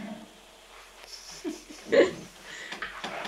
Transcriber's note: laughs